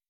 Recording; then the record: hydrophone in a shrimp aquaculture tank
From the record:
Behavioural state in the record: weakened